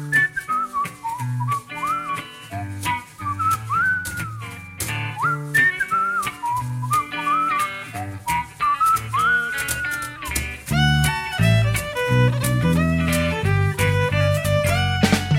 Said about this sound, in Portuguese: Então, conforme vinheta que acabou de passar, o passa-régua do segundo episódio da temporada especial do Peru, dita quarta temporada do La Sexta, em que falamos sobre ingredientes.